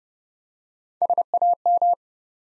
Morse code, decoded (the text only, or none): SAM